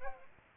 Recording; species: mosquito wingbeat signal from an infrared sensor; Aedes aegypti